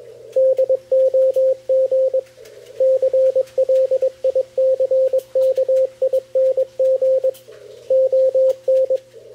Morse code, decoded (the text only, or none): DOG CLICKING ON